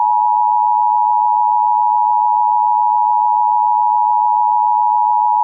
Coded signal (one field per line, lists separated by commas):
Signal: Emergency Alert System (SAME) tones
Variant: 853 and 960 Hz attention tone